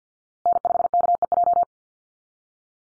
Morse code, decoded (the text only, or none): N5KEJ